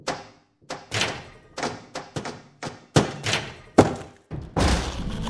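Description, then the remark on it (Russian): A run of about ten heavy, uneven thuds and bangs, then a longer crashing burst at the end as a hotel room door gives way and falls with a crunch, raising a cloud of dust. No voices. “Дверь в номер с хрустом упала, подняв кучу пыли.”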